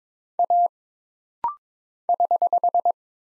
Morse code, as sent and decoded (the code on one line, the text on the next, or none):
.- / ........
A <HH>